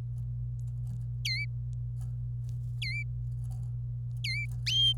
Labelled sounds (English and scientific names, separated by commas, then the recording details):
Domestic Canary (Serinus canaria) song
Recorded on 26 April 2018 at 09:38
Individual llb3